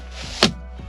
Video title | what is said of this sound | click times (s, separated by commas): Tour Our Teardrop Camper! | pop it down it locks into place not going up or down anywhere | 0.4 s